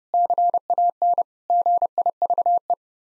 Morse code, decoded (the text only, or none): CAN GIVE